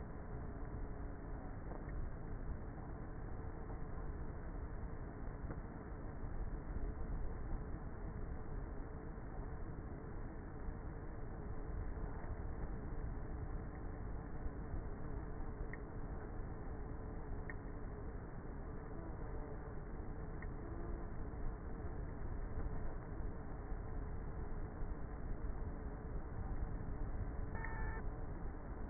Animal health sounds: honeybee colony, microphone inside the hive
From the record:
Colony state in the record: queenless with a low population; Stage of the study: before two queens were removed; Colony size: about 30,000 bees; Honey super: no

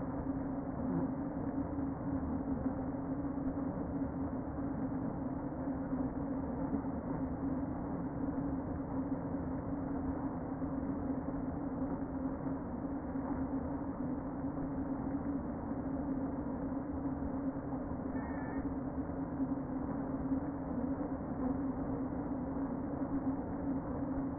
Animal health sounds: honeybee colony, microphone inside the hive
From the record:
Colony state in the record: queen present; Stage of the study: before two queens were removed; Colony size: about 60,000 bees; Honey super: yes

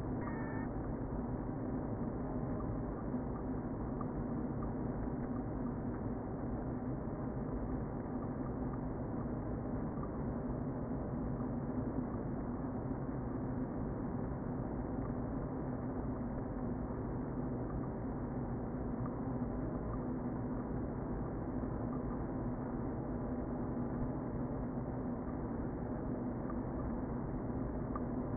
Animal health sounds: honeybee colony, microphone inside the hive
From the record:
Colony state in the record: queen present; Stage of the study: before two queens were removed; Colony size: about 60,000 bees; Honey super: yes

